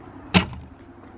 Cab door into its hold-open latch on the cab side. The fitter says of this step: push it back there, it locks into place, and then you've got your door open all day